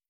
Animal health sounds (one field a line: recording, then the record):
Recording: hydrophone in a shrimp aquaculture tank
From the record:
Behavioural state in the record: starved